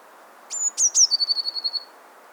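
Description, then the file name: Eurasian blue tit, one song phrase: a thin high whistle, two falling notes, then a short even trill that fades. "Cyanistes caeruleus"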